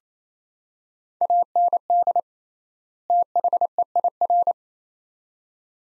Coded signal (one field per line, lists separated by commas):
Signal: Morse code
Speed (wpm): 28 wpm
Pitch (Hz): 700 Hz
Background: none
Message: AND THEIR